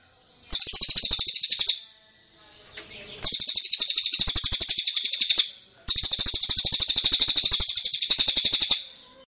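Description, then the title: Bird song in three bursts of rapid, high, buzzy repeated notes, each burst lasting one to three seconds with short pauses between. Masteran training recording used to teach songbirds. "Masteran Burung"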